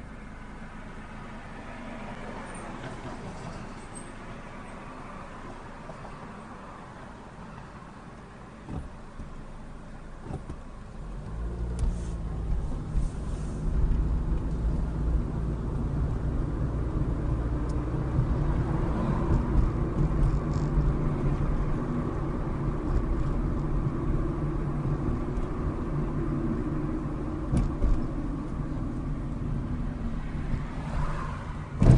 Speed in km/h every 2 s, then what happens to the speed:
0, 0, 0, 0, 0, 3, 15, 24, 35, 42, 42, 40, 40, 32, 21, 15.
0-9 standing. 9-18 pulls away to 42. 18-24 steady at about 40. 24-32 brakes to 15.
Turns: none.